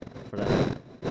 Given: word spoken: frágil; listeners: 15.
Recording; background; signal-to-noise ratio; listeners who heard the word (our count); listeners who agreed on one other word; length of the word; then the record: one Spanish word in noise, from a listening test; noise modulated by one talker; -11.6 dB; 0 of 15; 11 of 15; 0.70 s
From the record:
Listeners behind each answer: 11, 1, 1, 1, 1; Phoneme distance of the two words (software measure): 27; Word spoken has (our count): 2 syllables, 6 phonemes, stress on syllable 1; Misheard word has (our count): 2 syllables, 5 phonemes, stress on syllable 1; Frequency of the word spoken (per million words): 11.77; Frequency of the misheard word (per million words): 56.35